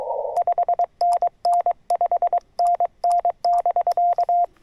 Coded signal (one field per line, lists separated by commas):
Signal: Morse code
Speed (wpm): 22 wpm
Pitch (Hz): 700 Hz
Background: radio noise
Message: 5NN 5NN <BK>